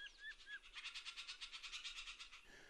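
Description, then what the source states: Gray jay calling: a few soft whistled slurred notes, then a harsh, rasping chatter repeated rapidly. Iconic voice of the boreal forest, heard in the Brooks Range, northern Alaska, on an early summer morning.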